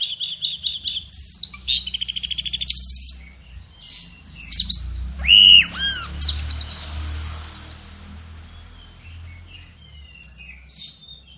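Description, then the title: Asian glossy starling singing quick repeated chirps and rattling trills, then loud looping whistled notes, fading to softer twitters over a low background hum. Singing energetically and continuously, in a song style called gacor full isian teler. "Burung Cucak Keling Gacor Full Isian Teler"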